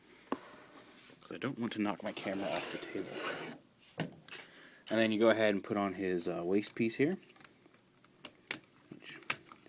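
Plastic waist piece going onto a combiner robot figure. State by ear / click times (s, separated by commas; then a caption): seated / 9.3 s. A plastic waist piece is fitted onto a transforming combiner robot figure while someone talks. Soft handling and rubbing sounds come before a sharp click at 9.3 seconds as the waist piece snaps into place, seated.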